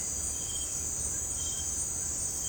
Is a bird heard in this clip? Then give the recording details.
no. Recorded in secondary vegetation near Puerto Asís, Putumayo, Colombia, on 19 March 2025 at 17:30. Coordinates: 0.485, -76.322. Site G040